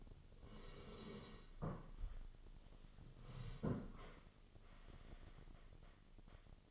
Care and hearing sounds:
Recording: daily activity, microphone in the room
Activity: sit down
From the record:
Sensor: 4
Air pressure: 1016.1 hPa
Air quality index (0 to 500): 166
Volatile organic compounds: 6 ppm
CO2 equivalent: 1885 ppm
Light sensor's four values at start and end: 9/20/8/7 and 9/20/8/7

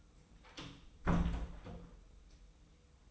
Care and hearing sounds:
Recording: daily activity, microphone in the room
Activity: close door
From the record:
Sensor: 1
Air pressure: 990.5 hPa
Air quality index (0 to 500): 157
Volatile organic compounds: 1000 ppm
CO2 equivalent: 5723 ppm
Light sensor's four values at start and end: 32/73/32/34 and 33/74/32/34

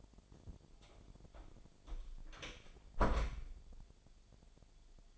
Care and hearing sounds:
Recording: daily activity, microphone in the room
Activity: close door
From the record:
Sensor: 5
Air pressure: 1007.7 hPa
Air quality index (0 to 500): 153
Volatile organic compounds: 3 ppm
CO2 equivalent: 1468 ppm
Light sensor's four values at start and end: 57/161/62/62 and 58/163/63/63

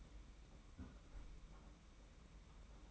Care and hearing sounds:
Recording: daily activity, microphone in the room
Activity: close fridge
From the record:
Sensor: 1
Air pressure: 991.8 hPa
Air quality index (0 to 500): 205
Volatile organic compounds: 1000 ppm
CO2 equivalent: 7929 ppm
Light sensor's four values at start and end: 28/101/38/39 and 28/100/38/39

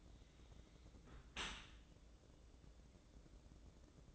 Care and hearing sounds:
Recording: daily activity, microphone in the room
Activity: close dishwasher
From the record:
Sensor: 3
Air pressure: 1012.3 hPa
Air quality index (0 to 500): 155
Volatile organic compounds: 2 ppm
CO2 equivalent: 1190 ppm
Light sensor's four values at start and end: 429/1050/430/418 and 439/1075/441/430

